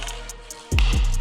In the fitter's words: Push it in until you hear it pop